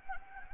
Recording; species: mosquito wingbeat signal from an infrared sensor; Anopheles gambiae